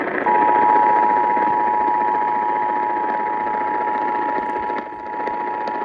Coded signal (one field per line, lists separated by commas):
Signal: Emergency Alert System (SAME) tones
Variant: 853 and 960 Hz attention tone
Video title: EAS #3053 Severe Thunderstorm Warning on KXEL